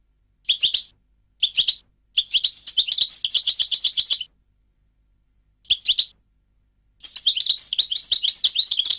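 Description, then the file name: European goldfinch song, short twittering bursts alternating with longer rapid runs of tinkling notes, with pauses between phrases. "audio burung goldfinch"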